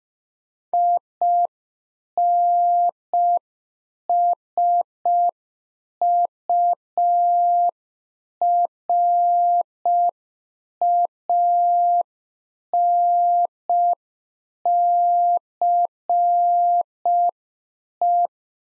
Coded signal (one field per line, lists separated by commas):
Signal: Morse code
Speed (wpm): 5 wpm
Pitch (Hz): 700 Hz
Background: none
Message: INSURANCE